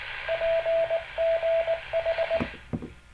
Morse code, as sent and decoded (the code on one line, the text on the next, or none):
.--. --. ....
PGH